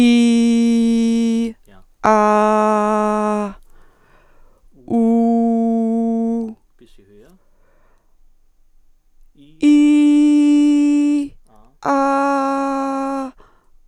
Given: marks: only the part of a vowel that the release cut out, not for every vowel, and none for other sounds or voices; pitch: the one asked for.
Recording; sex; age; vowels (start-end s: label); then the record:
sustained vowels; female; 60 to 69 years
0.00-1.38 s: vowel /i/, normal pitch
2.12-3.34 s: vowel /a/, normal pitch
5.07-6.36 s: vowel /u/, normal pitch
9.79-11.17 s: vowel /i/, high pitch
11.94-13.09 s: vowel /a/, high pitch
From the record:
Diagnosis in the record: presbyphonia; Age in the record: 68 years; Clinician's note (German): Subglottale Cyste